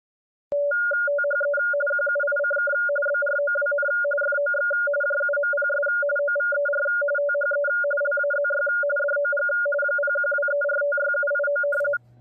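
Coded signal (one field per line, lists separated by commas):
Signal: RTTY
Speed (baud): 45.45 baud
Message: THE QUICK BROWN FOX JUMPS OVER THE LAZY DOG 0123456789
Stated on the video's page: RTTY received over online SDRs and fed as receiver audio to a 170 Hz shift terminal unit.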